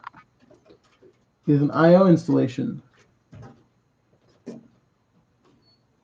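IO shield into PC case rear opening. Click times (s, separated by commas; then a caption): 0.1 s. A metal IO shield is pressed gently into the rear opening of a PC case and snaps in with a sharp click at 0.1 s, with all corners down. A few faint taps follow, then someone talks, and the shield is fully seated.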